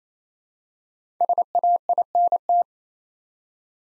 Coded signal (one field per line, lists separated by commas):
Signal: Morse code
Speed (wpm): 27 wpm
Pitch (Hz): 700 Hz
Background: none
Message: SAINT